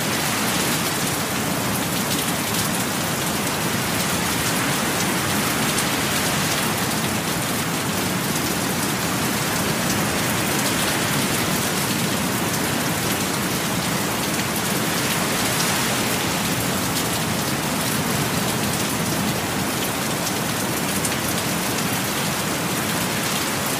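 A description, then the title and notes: Heavy rain pours down in a dense, steady hiss that fills the whole range from low rumble to bright spatter, staying at an even loudness throughout. Faint slow swells every few seconds hint at surf beneath the downpour. Rain & Ocean Waves Storm Sounds for Sleep.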